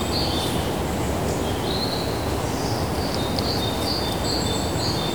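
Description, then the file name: Forest birds chirping, short high twittering notes in loose bursts over a constant broad hiss and low rumble. Outside broadcast recording in a forest. "Outside Broadcast Recordings - Forest Birds"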